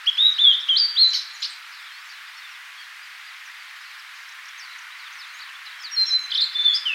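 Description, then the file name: Blue-and-white flycatcher singing a short whistled phrase of slurred notes, then quiet hiss, then the phrase starting again near the end. "Cyanoptila cyanomelana"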